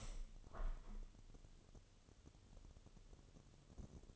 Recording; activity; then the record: daily activity, microphone in the room; open window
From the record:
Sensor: 4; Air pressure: 1015.8 hPa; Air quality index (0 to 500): 78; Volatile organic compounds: 1 ppm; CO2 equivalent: 866 ppm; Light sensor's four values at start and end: 9/20/8/7 and 9/20/8/7